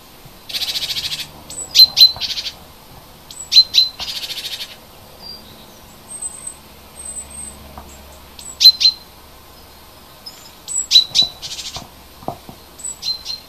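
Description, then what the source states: Bird calls: high, thin chirps and brief buzzy bursts in spaced groups, mixed with a few short whistled notes. Native bird, recorded in February.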